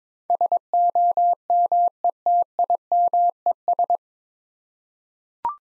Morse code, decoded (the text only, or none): SOMETIMES